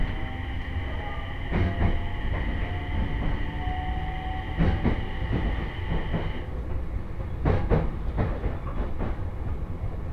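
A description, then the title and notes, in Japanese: A train ride on the Tōhoku Main Line, with a steady low rumble beneath. A high whine holds through the first six seconds and then stops. Sharp knocks and clacks break in around 1.5, 4.7 and 7.5 seconds. 鉄道旅 東北本線 福島→北白川。列車はこの途中で福島県から宮城県へと入っていきます。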